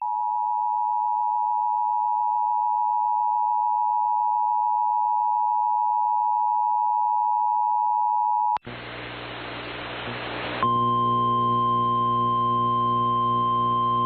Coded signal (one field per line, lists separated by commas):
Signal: Emergency Alert System (SAME) tones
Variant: 853 and 960 Hz attention tone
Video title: EAS #655 - Flash Flood Warning #206